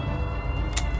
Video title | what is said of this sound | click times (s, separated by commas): A New Challenger! Toy corner EP12 | until it clicks in which also pops this piece out this piece also pops the head out it's actually really good | 0.8 s